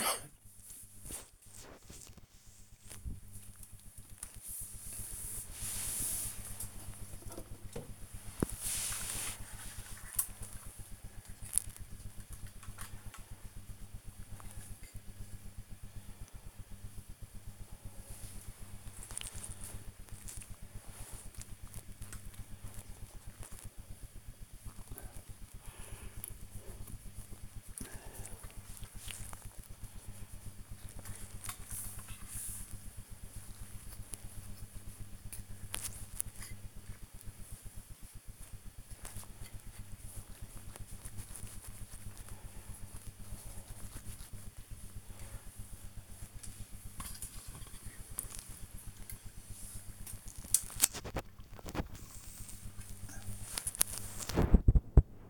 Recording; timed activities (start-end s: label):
household activities, microphone on the right wrist
0.00-55.30 s: dusting model cars